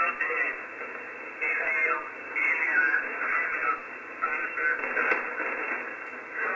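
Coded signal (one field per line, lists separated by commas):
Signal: coded military voice message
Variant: UVB-76, Russian voice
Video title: UVB-76, "The Buzzer", 4625 kHz, Encrypted transmission in Russian, UTC 2015-10-29 17:17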